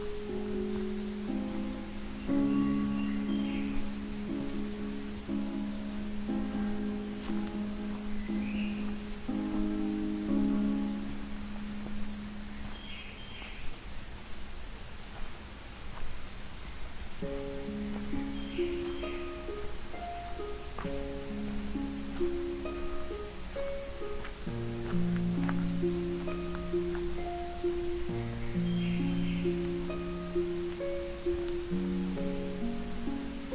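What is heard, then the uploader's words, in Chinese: A steady rush of water and wind runs through a pine trail in the mountains. Brief bird chirps surface every few seconds. Low, held tones step between pitches throughout, dropping out briefly around the middle before returning. 山中的松树步道，鸟风谷水声。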